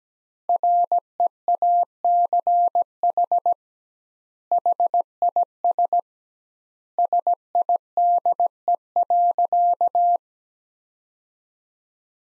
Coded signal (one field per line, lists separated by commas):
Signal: Morse code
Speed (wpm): 17 wpm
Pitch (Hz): 700 Hz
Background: none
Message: REACH HIS SIDE.